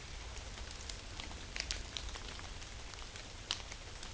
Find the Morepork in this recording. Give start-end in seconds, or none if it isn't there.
none